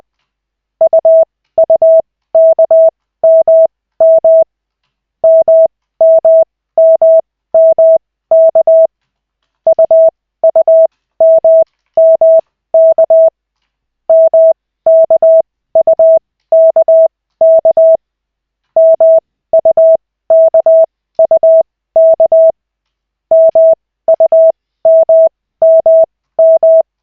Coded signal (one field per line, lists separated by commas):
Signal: Morse code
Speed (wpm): 20 wpm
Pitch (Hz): 650 Hz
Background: none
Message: UUKMM MMMMK UUMMK MKUKK MUKUK MUMMM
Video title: Koch 2/40, 13.12.2024, 1st CW practice session